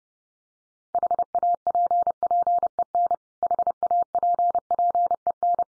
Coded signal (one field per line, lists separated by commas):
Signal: Morse code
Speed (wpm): 30 wpm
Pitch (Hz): 700 Hz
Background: none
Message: HAPPEN HAPPEN